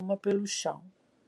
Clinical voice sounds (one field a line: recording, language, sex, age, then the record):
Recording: short text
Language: Brazilian Portuguese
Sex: female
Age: 60 to 69 years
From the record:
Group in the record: control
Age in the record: 66 years